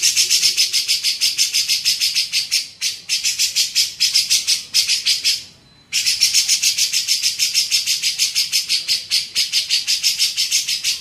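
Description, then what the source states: Grey-cheeked bulbul producing a long series of hoarse, buzzy pulses, about three per second, broken by one short pause midway. Cucak jenggot, masteran training recording for teaching songbirds.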